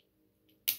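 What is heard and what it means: A plastic foot or leg piece of a transforming robot toy car is pushed into its slot after a long struggle. After a quiet stretch with a faint low hum and a soft tick near 0.5 s, a single sharp snap rings out at 0.7 s as the piece seats in place.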